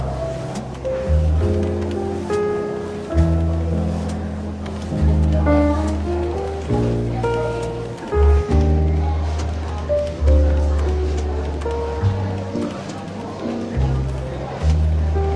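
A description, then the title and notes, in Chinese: A bookstore café in London with a light murmur of chatter under soft, relaxed jazz. Warm bass notes and mellow melodic lines change every second or so, steady and unhurried throughout, with voices talking quietly in the background. 伦敦书店咖啡馆轻微喧闹氛围与柔和轻松的爵士背景音乐。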